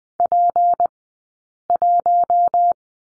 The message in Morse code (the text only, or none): P1